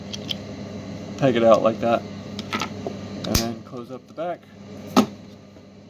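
Someone talks while handling a Transformers Kingdom Blaster action figure, pegging out its gun and closing the plastic back panel into the figure's torso, with several light handling clicks along the way. A single sharp snap at 5.0 s seats the back panel closed.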